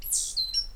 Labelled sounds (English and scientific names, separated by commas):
Stitchbird (Notiomystis cincta) song